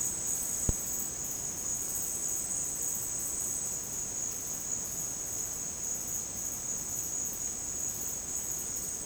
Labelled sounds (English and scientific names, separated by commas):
none